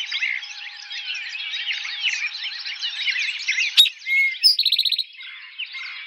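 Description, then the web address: Eastern towhee song: a clear whistled note, a higher note, then a fast ringing trill, after a long stretch of dense bird chatter that resumes faintly at the end. Recorded in 2007. "Eastern Towhee 2007 01 04 Eastern Towhee"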